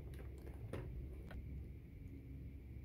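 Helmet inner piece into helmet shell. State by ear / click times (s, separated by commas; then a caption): not seated / none. A removable inner piece of a KYT Kyoto helmet is handled and pressed toward its mount in the helmet shell, with brief sharp handling sounds around 0.1 and 1.3 seconds over a low background rumble. Nothing has seated or clicked yet.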